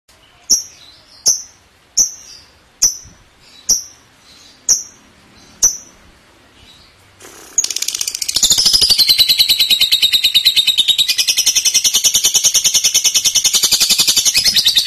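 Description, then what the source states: Lovebird uttering seven sharp, high chirps about once a second, then breaking into a continuous fast, buzzy stuttering chatter that lasts to the end. Song style locally called konslet.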